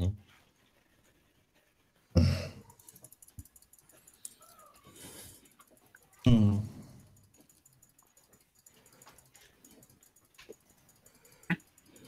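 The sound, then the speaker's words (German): Sharp, hard clicks of a computer mouse land irregularly, a couple of louder bursts among scattered lighter taps, with faint voices murmuring in the background. “Mal, wer klickert denn da so hart rum?”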